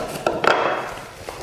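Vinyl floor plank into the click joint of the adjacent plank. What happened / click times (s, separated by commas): The floor plank clicks into its joint / 0.3 s, 0.5 s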